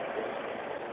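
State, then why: Not seated. A truck backs its fifth wheel under a trailer kingpin in the snow, with a steady, even engine-like rumble concentrated in the low and middle range and no sharp transients. Nothing has seated or clicked yet: the fifth wheel jaws have not locked around the kingpin by the end of the clip, and the eventual lock is a click made very quiet by the snow.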